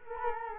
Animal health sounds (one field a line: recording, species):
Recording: mosquito wingbeat signal from an infrared sensor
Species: Culex quinquefasciatus